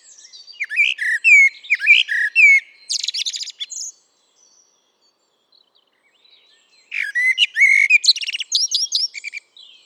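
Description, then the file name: Eurasian blackbird warbling in two bursts of varied whistled notes and high twitters, separated by about three seconds of silence. "Turdus merula"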